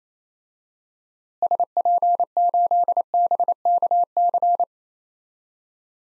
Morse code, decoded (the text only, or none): SP8BKC